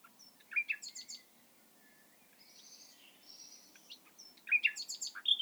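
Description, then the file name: Common nightingale song: a harsh chattering burst with high clicks, then a quieter spell of slurred whistles, ending in another loud, rapid run of rattling notes. "Luscinia megarhynchos"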